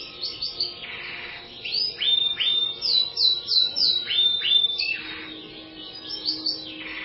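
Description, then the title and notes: Bird song of bright sweeping whistles repeated quickly, several rising and falling slurs in rhythmic runs with brief gaps. "Bird Sound. Kicau Burung Lengkap"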